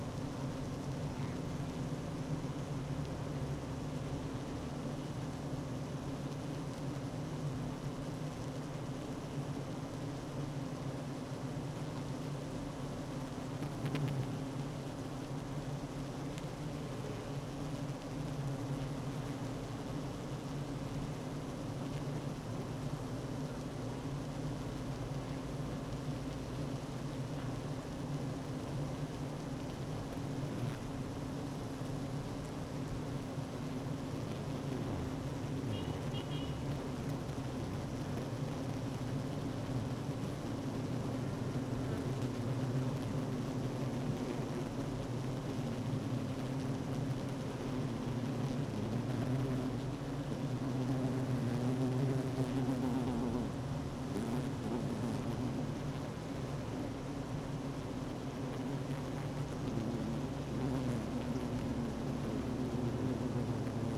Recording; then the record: honeybee colony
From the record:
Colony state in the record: active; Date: 12 June 2018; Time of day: 10:10